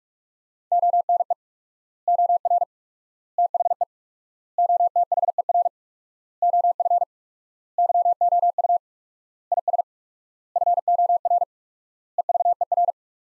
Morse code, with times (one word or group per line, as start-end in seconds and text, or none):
0.7-1.3 ONE
2.1-2.6 OR
3.4-3.8 THE
4.6-5.7 OTHER
6.4-7.0 OF
7.8-8.8 YOU
9.5-9.8 IS
10.6-11.4 FOR
12.2-12.9 EVER